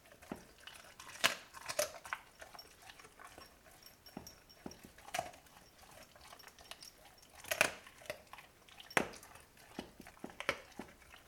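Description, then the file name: Labrador Retriever eating, with irregular sharp crunches and cracks of chewing scattered throughout, a few louder snaps among softer gnawing clicks, otherwise quiet. Eating chicken bones. "dog labrador eat chicken bones"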